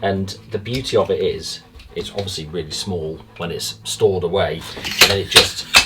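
A compact telescopic ladder, bought to reach a roof rack, is handled while someone talks, with brief sharp metallic handling sounds near the end. The ladder sections have not yet locked into the extended ladder, so nothing has seated or clicked yet.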